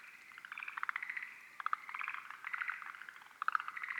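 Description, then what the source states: Forest green tree frog calls, bursts of rattling pulses repeated in quick succession. Field recording from Miyagi, Japan.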